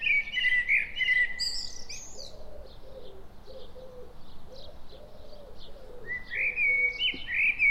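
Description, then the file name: Common blackbird with fluty phrases at the start and end. Low, soft cooing from a dove fills the pause between them. "Turdus merula"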